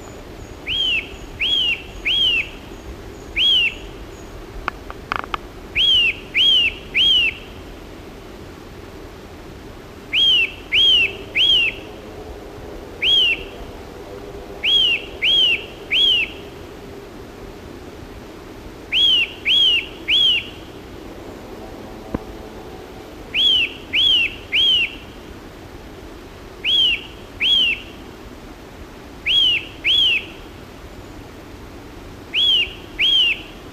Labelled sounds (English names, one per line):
Eurasian Nuthatch song